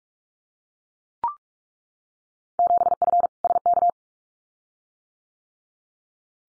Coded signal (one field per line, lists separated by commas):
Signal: Morse code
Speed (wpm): 44 wpm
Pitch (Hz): 700 Hz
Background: none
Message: 7F SK